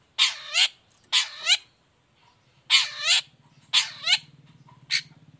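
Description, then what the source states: Long-tailed shrike harsh calls: paired grating, nasal notes repeated several times, with a quiet low buzz in the background. Morning; gacor (vigorous full song) with a clear voice, 'toet toet' notes and varied sounds, said to be easy for any kind of shrike to imitate.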